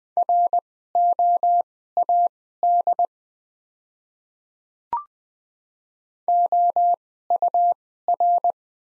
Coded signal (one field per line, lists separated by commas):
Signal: Morse code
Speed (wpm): 20 wpm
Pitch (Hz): 700 Hz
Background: none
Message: ROAD OUR